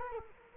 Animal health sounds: mosquito wingbeat signal from an infrared sensor; Culex quinquefasciatus

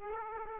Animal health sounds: mosquito wingbeat signal from an infrared sensor; Aedes aegypti

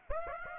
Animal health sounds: mosquito wingbeat signal from an infrared sensor; Aedes aegypti

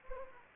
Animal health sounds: mosquito wingbeat signal from an infrared sensor; Anopheles gambiae

